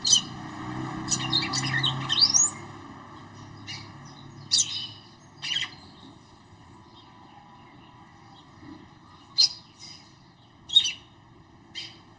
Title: Canto Galo Campina Fêmea. FÊMEA DE GALO DE CAMPINA FOGOSA CANTANDO PRO MACHO